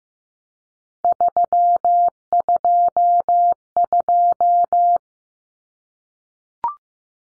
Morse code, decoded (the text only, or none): 322